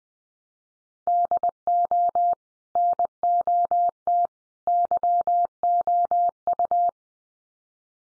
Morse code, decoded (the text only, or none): DO NOT YOU